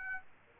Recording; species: mosquito wingbeat signal from an infrared sensor; Aedes aegypti